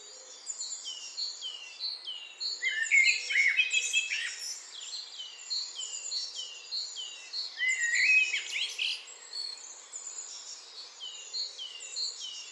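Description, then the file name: Eurasian blackbird heard in brief mellow warbles beneath a loud, continuous chorus of other birds repeating high downslurred notes. "Turdus merula"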